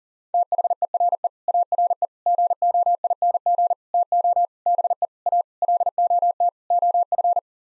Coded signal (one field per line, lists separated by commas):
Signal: Morse code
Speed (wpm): 37 wpm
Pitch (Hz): 700 Hz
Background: none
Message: THERE ARE GOING TO BE A LOT OF